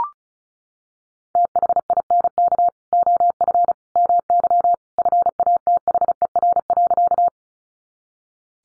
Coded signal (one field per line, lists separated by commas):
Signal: Morse code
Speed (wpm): 34 wpm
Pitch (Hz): 700 Hz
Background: none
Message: THINK OF MY FATHER.